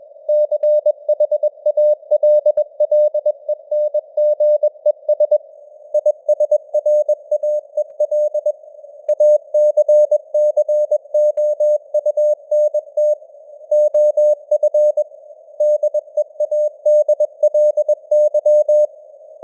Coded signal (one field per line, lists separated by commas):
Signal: Morse code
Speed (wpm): 21 wpm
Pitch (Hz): 600 Hz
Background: none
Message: CHALLENGES ISRAEL ACCOUNT OF DEADLY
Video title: Morse Code News | 2025-09-27 | 21wpm